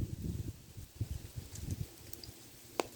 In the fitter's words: There it goes. You hear that click? Probably not, but it clicked.